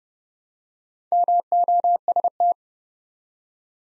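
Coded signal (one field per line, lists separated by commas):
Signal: Morse code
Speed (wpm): 30 wpm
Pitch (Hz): 700 Hz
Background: none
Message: MOST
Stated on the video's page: Morse practice at 30 wpm, building four-letter words one letter at a time for instant character recognition.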